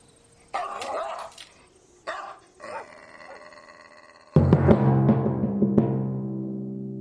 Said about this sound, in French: c'est avec un grand calme, les jambes un peu flagellantes à la suite de ses efforts, qu'il fit face à la ruée haineuse des survivants et à l'attaque mortelle des trois chiens.